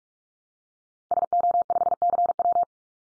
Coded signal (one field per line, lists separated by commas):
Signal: Morse code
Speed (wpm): 44 wpm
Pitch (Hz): 700 Hz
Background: none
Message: SO5CW